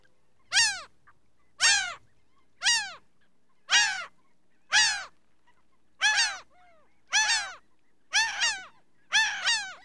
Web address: bird laughing gull two birds calling animal